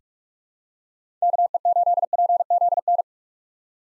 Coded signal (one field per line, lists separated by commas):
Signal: Morse code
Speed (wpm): 42 wpm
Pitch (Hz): 700 Hz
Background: none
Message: KE8PZN